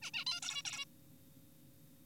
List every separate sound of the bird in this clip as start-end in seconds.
0.02-0.11, 0.14-0.25, 0.27-0.40, 0.42-0.62, 0.65-0.85